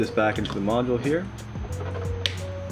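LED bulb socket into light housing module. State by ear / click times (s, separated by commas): seated / 2.3 s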